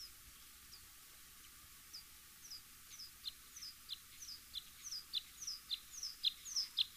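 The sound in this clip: Bluethroat song: many thin high chirps and downward-slurred notes, growing louder, with faint background noise.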